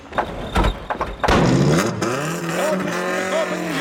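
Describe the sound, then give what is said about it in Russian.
A few dull thumps and scuffs as police officers push a convertible car to start it, then its engine bursts to life and revs hard, its whining pitch rising and wavering loudly until the end. “Полицейские толкают машину.”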